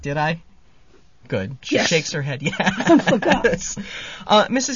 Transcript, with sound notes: Did I? Good. She shakes her head yes. ( he laughs ) Mrs.